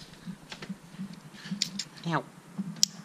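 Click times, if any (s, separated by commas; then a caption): 2.8 s. A plastic wiring harness connector is pushed onto an ignition coil pack in the engine bay of a 2004 car until it locks, seating with one sharp click at 2.8 s. Softer handling clicks come before it, and someone talks during the clip.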